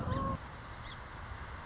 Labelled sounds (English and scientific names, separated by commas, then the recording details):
Song Sparrow (Melospiza melodia)
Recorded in Sonoma County, California